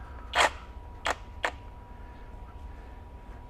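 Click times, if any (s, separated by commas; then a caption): 1.1 s, 1.5 s. A metal blade is pushed into the tool-free blade clamp of a Kobalt 24V brushless reciprocating saw and locks into place. A louder burst of noise near 0.4 s is followed by two sharp clicks at 1.1 s and 1.5 s, over a faint steady hum. The blade is seated in the clamp.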